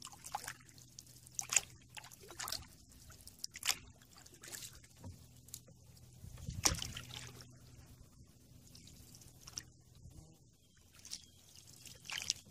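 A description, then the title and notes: A canoe drifts on a lazy river, with small splashes, drips and trickles of water scattered irregularly every second or so, a louder slosh just before seven seconds. A steady low hum runs underneath, and a faint high hiss lingers throughout. Canoe In River. A CANOE IN LAZY RIVER.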